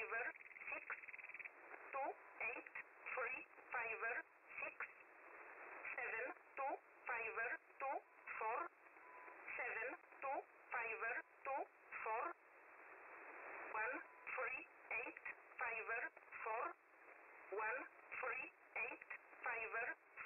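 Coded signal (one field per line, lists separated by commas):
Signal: numbers station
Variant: E11, English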